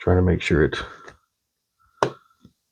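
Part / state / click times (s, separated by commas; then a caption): internal phone component into frame recess / seated / 2.0 s. Someone talks while an internal phone component is dropped back into its recess in the frame and lined up. A sharp click sounds at 2.0 s, followed by a faint tick, and the component seats into its spot.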